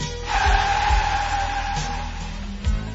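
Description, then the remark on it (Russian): A car pulls up and stops at a dacha, its low engine rumble joined by a steady, high-pitched squeal of brakes or tires lasting a few seconds, with no voices. “Все, приехали, Михайловна. Давай, выходи из машины.”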